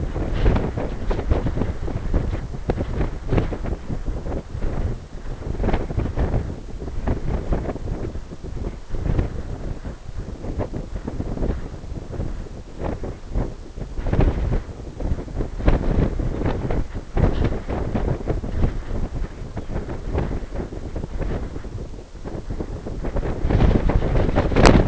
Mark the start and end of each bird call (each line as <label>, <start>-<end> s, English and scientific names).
Lapland Longspur (Calcarius lapponicus), 16.25-16.51 s
Lapland Longspur (Calcarius lapponicus), 19.49-19.80 s